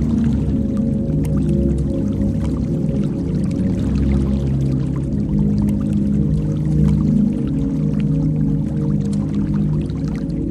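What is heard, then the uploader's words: Water rumbles steadily, a thick, muffled churning sound mostly in the low range with a faint humming undertone. Small bright ticks and drips scatter irregularly over the top, and the level stays even for the whole stretch. Natural Calming Water Sound.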